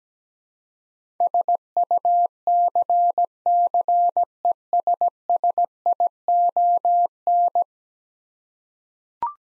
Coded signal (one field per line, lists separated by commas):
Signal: Morse code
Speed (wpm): 17 wpm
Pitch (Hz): 700 Hz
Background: none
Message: SUCCESSION